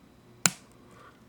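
Two plastic beam saber hilts from a Real Grade Justice Gundam model kit are pushed together by their tabs. A single sharp, loud snap at 0.5 s shows them seating into place, followed by only faint background noise.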